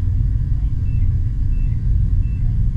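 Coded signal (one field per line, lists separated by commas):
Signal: none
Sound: sci-fi ambience sound effect beeps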